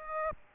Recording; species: mosquito wingbeat signal from an infrared sensor; Aedes aegypti